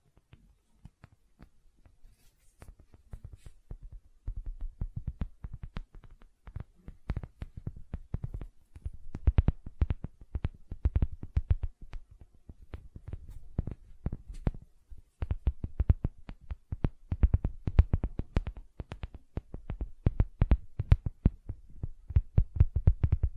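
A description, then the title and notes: Gentle silicon sounds: dense, irregular soft clicks and taps, each a sharp vertical tick with a low thump underneath. Sparse at first, the clicks grow busier after about five seconds and stay quick and uneven to the end, with near silence between them. ASMR Gentle Silicon Sounds for Sleep (No Talking).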